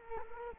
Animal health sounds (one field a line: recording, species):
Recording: mosquito wingbeat signal from an infrared sensor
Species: Culex quinquefasciatus